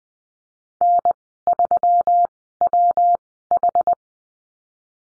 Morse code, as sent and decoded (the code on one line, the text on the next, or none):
-. / ...-- / .-- / ....
N 3 W H